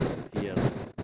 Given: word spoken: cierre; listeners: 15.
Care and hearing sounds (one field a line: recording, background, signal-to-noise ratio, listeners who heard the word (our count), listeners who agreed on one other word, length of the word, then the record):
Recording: one Spanish word in noise, from a listening test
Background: noise modulated by one talker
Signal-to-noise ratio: -9.1 dB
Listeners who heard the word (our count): 1 of 15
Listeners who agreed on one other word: 9 of 15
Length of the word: 0.63 s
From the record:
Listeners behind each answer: 9, 2, 1, 1, 1, 1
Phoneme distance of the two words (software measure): 20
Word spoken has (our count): 2 syllables, 5 phonemes, stress on syllable 1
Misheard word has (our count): 2 syllables, 5 phonemes, stress on syllable 1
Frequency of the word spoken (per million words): 41.76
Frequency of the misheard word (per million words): 89.43